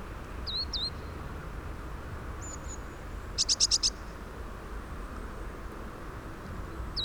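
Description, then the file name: Eurasian blue tit calling: scattered thin, high, slurred notes with one short rapid burst of about five sharp notes midway, over a steady low background hiss. "Cyanistes caeruleus"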